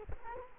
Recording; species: mosquito wingbeat signal from an infrared sensor; Culex quinquefasciatus